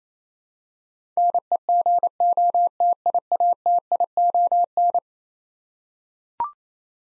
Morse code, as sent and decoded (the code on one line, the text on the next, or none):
-. . --. --- - .. .- - .. --- -.
NEGOTIATION